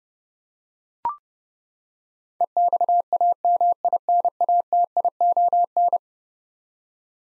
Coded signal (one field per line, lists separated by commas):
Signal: Morse code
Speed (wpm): 31 wpm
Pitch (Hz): 700 Hz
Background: none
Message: EXAMINATION